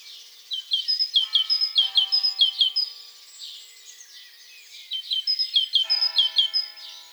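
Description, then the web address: Great tit singing quick repeated two-note phrases in two bursts, accompanied by faint steady lower tonal hums. "SETE data Parus major"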